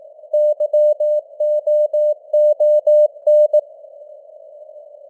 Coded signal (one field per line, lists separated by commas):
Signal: Morse code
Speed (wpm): 18 wpm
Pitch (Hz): 600 Hz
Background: none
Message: YOON